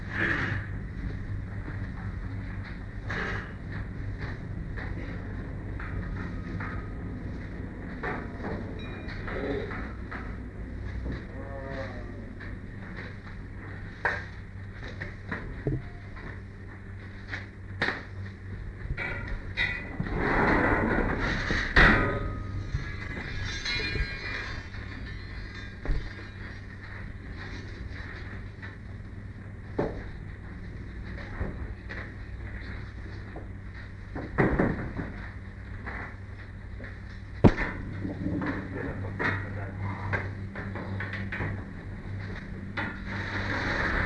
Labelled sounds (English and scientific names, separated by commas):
Tiger (Panthera tigris) snorting